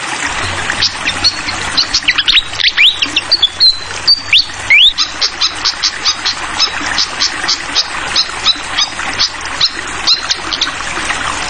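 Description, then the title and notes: Fantail singing a short run of clear, rising whistles, then a long fast series of sharp chips repeated several times a second, with a constant water hiss. Clear-voiced song paired with the sound of trickling water, prepared as a tutoring recording (masteran) for songbirds. "Masteran Sikatan Kipas Suara Jernih Dan Suara Gemericik Air. Suara Burung Sikatan Londo"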